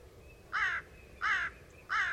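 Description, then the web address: Bird giving three harsh caws at even intervals of about two-thirds of a second, over faint background hiss. "cianscape. Deverinetal 2025. Bird Only"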